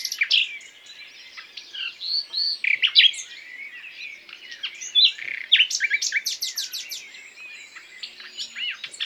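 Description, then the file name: Common nightingale singing a long, varied song: rich whistles, slurred notes and quick chirp series, followed by a run of sharp repeated notes. "Luscinia megarhynchos"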